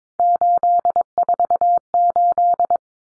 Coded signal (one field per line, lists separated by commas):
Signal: Morse code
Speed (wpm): 22 wpm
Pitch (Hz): 700 Hz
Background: none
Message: 848